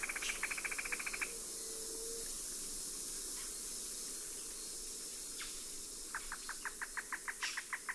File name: Trogon melanocephalus